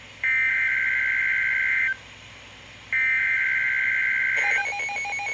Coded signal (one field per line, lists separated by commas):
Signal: Emergency Alert System (SAME) tones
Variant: header bursts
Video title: Winter Storm Warning [EAS #1211] (2/17/2021)